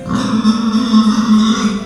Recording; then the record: squeal of a Yucatan mini pig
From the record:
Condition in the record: after surgery on the right vocal fold (resection and tissue-engineered implant); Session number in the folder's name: 13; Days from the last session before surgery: 113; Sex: female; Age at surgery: 19 weeks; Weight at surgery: 25 kg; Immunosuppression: prednisolone